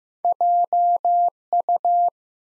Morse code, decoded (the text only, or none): JU